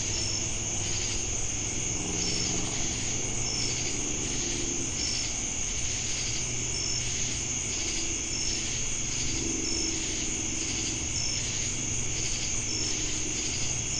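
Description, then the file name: Dense cricket chorus: relentless high trill with quick chirps recurring every one to one and a half seconds, pulsing insect waves, and a low droning hum below. Crickets with cicadas, Jamestown, North Carolina, USA, 10 August 2018. "Crickets And Sacadas Jamestown NC August-10-2018"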